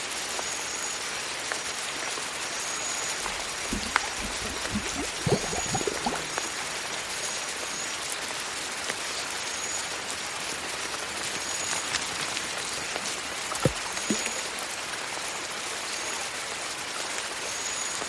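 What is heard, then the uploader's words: A jungle swamp ambience made of a dense, steady hiss like light rain, bright and even throughout. A faint high insect tone runs continuously, and scattered drips and ticks sound now and then, with a small cluster of low knocks around five seconds. Jungle swamp ambience.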